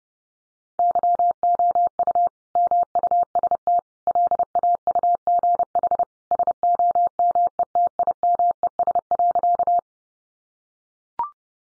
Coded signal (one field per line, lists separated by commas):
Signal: Morse code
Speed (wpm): 30 wpm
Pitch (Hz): 700 Hz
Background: none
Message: YOU MUST LAUGH SOMETIMES.